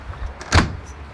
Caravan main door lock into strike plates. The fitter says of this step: just like that that means it's engaged properly